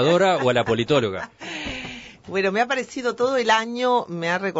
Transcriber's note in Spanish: Se ríe